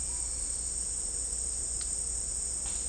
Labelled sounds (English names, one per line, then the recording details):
none
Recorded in dense forest near Puerto Asís, Putumayo, Colombia, on 16 December 2024 at 15:00
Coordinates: 0.499, -76.324
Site G045